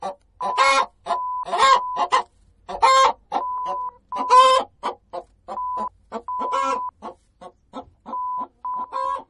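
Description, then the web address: Chicken giving a series of loud, harsh clucks and cackling bursts at an uneven pace. A steady electronic beep tone sounds repeatedly throughout. Chicken clucking linked to egg laying, with beep tones. "sevenleaf. Chicken Cluck Egg Lay"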